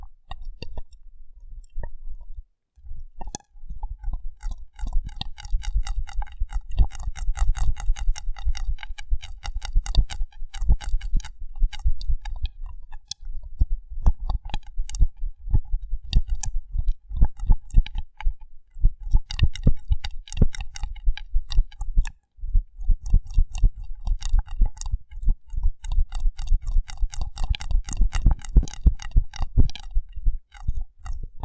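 Rough brain cleaning and picking: a dense run of wet, sticky clicks and crackles, fast and irregular, like squelching chewing. Low thumps and scrapes sit under the clicking throughout, with brief pauses near 2, 10 and 22 seconds.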